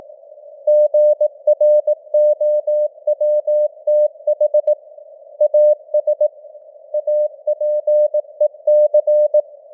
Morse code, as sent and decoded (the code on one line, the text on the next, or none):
--. .-. --- .-- - .... / .- ... / .- .--. . -.-.
GROWTH AS APEC